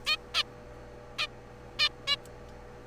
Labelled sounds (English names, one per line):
Zebra Finch